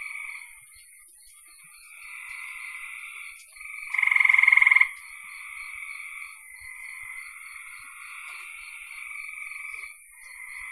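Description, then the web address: Frogs trilling together in a continuous chorus, one louder rapid pulsed trill in the middle among softer rattling calls, over steady hiss. "cn frogs"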